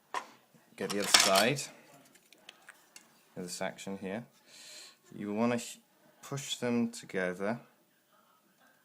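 Two sections of a plastic miniature tank model are handled and lined up to be pushed together, with light plastic taps and knocks between about 2.2 and 3.0 s while someone talks. The clip ends before the pieces snap home, so nothing has seated or clicked yet.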